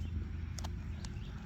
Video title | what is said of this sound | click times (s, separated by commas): 2025 Update: SHTF, Minuteman, WROL setup/loadout | Hooks on there like a so and locks in place. | 0.6 s, 1.0 s